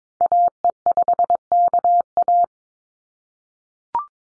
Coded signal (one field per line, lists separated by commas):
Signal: Morse code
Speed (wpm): 22 wpm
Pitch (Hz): 700 Hz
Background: none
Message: AE5KA